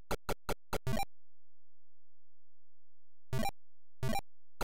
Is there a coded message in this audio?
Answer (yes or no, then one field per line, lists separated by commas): no